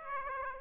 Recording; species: mosquito wingbeat signal from an infrared sensor; Aedes aegypti